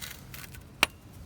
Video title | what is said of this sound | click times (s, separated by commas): 2006 Volvo S40 T5 Coolant Temperature Sensor and Thermostat Replacement (Fix code P0128) | just have to make sure you hear the thing snap. And I'll just grab. Yep. | 0.8 s